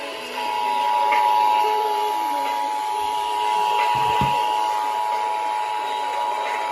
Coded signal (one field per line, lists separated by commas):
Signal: Emergency Alert System (SAME) tones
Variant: 853 and 960 Hz attention tone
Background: speech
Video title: LOTS OF TESTS| EAS #306-316